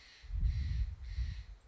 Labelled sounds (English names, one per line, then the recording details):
Steller's Jay
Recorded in Sonoma County, California